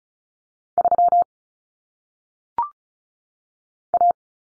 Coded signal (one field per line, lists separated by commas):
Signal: Morse code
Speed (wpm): 36 wpm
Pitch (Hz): 700 Hz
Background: none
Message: 3 A